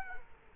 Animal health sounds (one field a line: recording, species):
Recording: mosquito wingbeat signal from an infrared sensor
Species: Culex quinquefasciatus